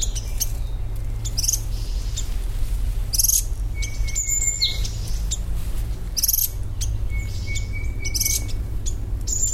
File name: parrotbill-golden -Suthora-verreauxi